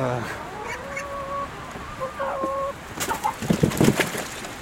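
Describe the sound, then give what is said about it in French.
Hens cluck and call in tonal, wavering notes, followed by a burst of sharper, clattering sounds as several birds crowd around on seeing someone bring them salad scraps to eat, moderately loud with no talking. “Le premier truc qu'on va faire, enfin sur ce type de déchets, c'est qu'on va aller les donner aux poules. Donc aujourd'hui, elles vont manger de la salade. Donc elles ne sont pas folles, hein, elles me voient y arriver.”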